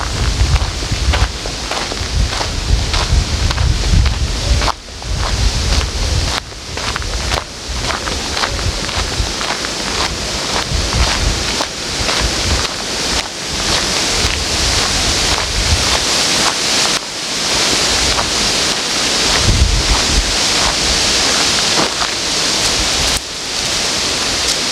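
Wind roars steadily through trees, with dense rushing hiss, gusty low rumble early on, and brief dips and surges throughout.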